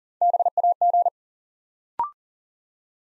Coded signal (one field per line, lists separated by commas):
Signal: Morse code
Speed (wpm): 40 wpm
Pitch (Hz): 700 Hz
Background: none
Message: BAG